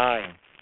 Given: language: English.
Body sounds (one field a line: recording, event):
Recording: throat vibration sensor signal played as sound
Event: speech